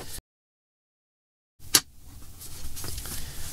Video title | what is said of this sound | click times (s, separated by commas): Hands on REVIEW of the JEDA SSD unit for Tesla Model 3 and Y | okay it locks into place | 1.8 s